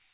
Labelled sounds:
Magnolia Warbler flight call

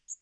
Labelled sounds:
Magnolia Warbler flight call

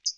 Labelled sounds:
Hooded Warbler flight call

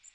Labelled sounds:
Magnolia Warbler flight call

